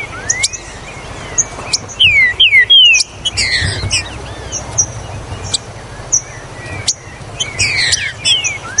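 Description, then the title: Green-winged saltator singing a brief phrase of strong falling whistles early on, followed by softer chirps, clicks and thin high notes. "Trinca Ferro Ao Maximo Trinca Ferro"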